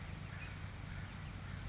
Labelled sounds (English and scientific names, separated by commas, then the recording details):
Oak Titmouse (Baeolophus inornatus)
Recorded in Sonoma County, California